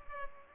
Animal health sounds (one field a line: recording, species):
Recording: mosquito wingbeat signal from an infrared sensor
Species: Culex pipiens